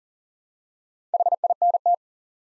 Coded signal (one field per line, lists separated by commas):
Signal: Morse code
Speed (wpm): 39 wpm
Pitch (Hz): 700 Hz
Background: none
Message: HINT